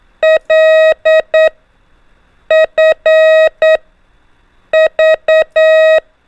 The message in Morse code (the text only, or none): LFV